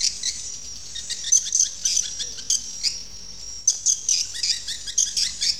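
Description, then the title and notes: Swiftlet calls: high, thin twittering chirps in quick clusters, with a brief pause near the middle before resuming. Used for swiftlet farming in Asia. "Swiflet Bird Sound. Farming Swiflet Bird asia sound"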